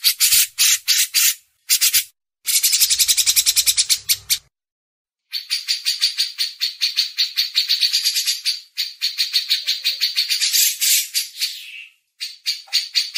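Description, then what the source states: Grey-cheeked bulbul chattering in scratchy, rapidly pulsed bursts of varying length, separated by sudden short silences. Masteran (tutor song for training songbirds).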